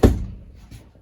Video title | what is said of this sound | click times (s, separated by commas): 2019 FOREST RIVER SUNSEEKER 3010DSF STK# 13848A | and you're locked into place. | 0.0 s